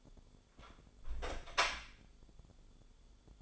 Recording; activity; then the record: daily activity, microphone in the room; close door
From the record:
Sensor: 5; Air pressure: 1015.3 hPa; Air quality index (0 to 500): 210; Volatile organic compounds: 11 ppm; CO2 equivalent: 2280 ppm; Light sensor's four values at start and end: 35/80/32/31 and 35/80/32/31